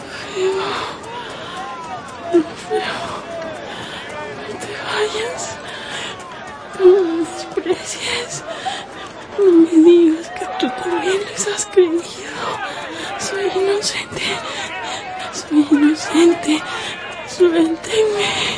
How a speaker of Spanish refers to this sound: Pero la carreta sigue su camino y los verdugos se mantienen inconmovibles al clamor del pueblo que sigue gritando ahora su liberación.